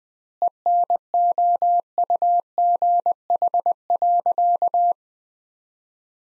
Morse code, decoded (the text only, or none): ENOUGH.